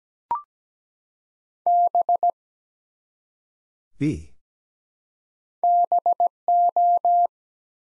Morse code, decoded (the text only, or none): B BO